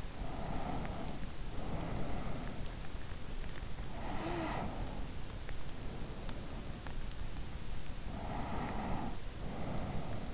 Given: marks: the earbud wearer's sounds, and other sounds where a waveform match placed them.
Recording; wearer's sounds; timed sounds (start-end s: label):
sounds in sleep by an in-ear microphone; breath
0.00-2.63 s: breath
3.90-6.76 s: breath
7.89-10.34 s: breath